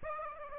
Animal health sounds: mosquito wingbeat signal from an infrared sensor; Aedes aegypti

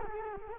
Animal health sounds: mosquito wingbeat signal from an infrared sensor; Culex quinquefasciatus

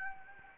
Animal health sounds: mosquito wingbeat signal from an infrared sensor; Anopheles gambiae

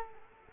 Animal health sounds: mosquito wingbeat signal from an infrared sensor; Culex quinquefasciatus

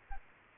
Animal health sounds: mosquito wingbeat signal from an infrared sensor; Aedes aegypti

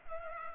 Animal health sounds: mosquito wingbeat signal from an infrared sensor; Culex pipiens

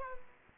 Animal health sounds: mosquito wingbeat signal from an infrared sensor; Culex quinquefasciatus

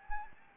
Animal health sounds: mosquito wingbeat signal from an infrared sensor; Anopheles arabiensis

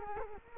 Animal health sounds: mosquito wingbeat signal from an infrared sensor; Culex quinquefasciatus

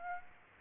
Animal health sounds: mosquito wingbeat signal from an infrared sensor; Aedes aegypti

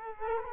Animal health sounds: mosquito wingbeat signal from an infrared sensor; Culex quinquefasciatus

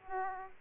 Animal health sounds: mosquito wingbeat signal from an infrared sensor; Aedes aegypti

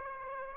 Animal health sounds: mosquito wingbeat signal from an infrared sensor; Aedes aegypti

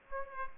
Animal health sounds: mosquito wingbeat signal from an infrared sensor; Aedes aegypti

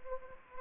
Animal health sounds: mosquito wingbeat signal from an infrared sensor; Anopheles gambiae

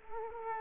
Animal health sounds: mosquito wingbeat signal from an infrared sensor; Culex quinquefasciatus

